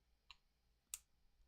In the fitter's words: wow whoa did you hear that click